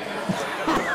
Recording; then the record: coughing mixed with background sound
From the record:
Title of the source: Heavy cold and sore throat coughing.